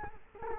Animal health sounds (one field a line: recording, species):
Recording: mosquito wingbeat signal from an infrared sensor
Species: Culex quinquefasciatus